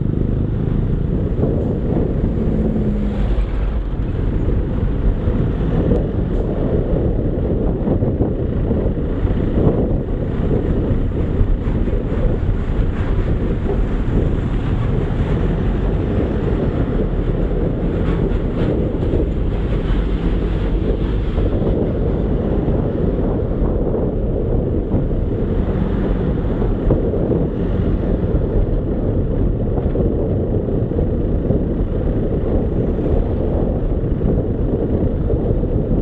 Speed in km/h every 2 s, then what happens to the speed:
22, 23, 23, 23, 22, 20, 19, 25, 26, 27, 29, 32, 32, 34, 35, 33, 30, 28.
0-12 steady at about 22. 12-28 speeds up to 35. 28-36 slows to 28.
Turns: none.